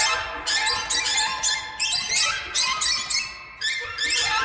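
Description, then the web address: Birds squeaking in quick, bright bursts, one squeak after another in an unbroken chattering stream. "soundfactory birds"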